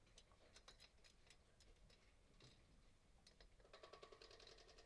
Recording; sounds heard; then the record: poultry house recording; no chicken sound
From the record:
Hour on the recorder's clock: 15